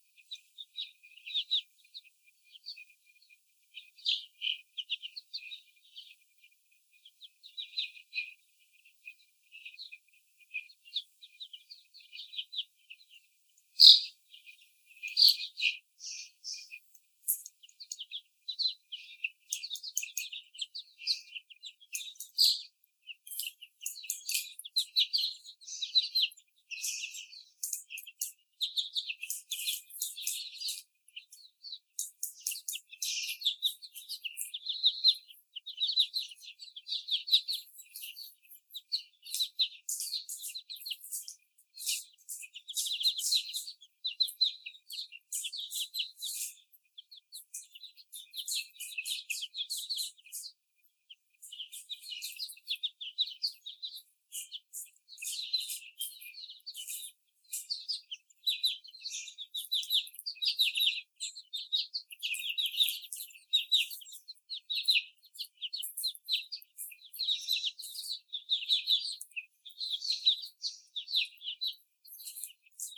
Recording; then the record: young laying hens in a cage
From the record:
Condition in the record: before the stressor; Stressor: sudden umbrella opening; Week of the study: 3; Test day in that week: 2